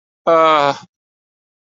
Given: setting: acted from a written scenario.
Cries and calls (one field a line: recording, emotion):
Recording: vocal sound without words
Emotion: embarrassment